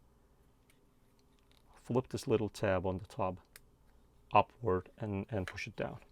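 A ribbon cable is being fitted into its circuit board connector during repair work on a first-generation Apple HomePod (A1639), with the small plastic locking tab handled before being pushed down. Someone talks over faint small ticks around 0.7 s and 1.4–1.6 s and a sharper tick at 3.6 s. Nothing has seated or clicked into place yet.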